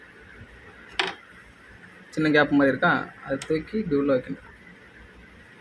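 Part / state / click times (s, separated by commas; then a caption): hook race part into sewing machine shuttle housing / seated / 1.0 s. A C-shaped hook race part is pressed by hand into the shuttle housing of a Singer M3505 portable tabletop sewing machine while the rotary hook area is being reassembled. A sharp click is heard at 0.99 s, followed by someone talking. The hook race part locks into place.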